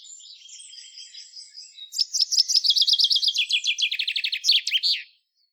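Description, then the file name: Common chaffinch song: soft high notes lead into a loud trill that drops in pitch and closes with a sharp terminal flourish. "Fringilla coelebs"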